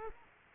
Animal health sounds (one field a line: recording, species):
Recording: mosquito wingbeat signal from an infrared sensor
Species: Aedes aegypti